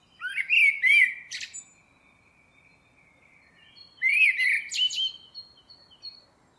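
Bird calling twice: a rolling, rising warble ending in a sharp, high note, repeated about four seconds later, over a light background hiss.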